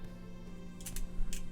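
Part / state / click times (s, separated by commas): abdominal crunch joint of a plastic transforming robot figure / not seated / none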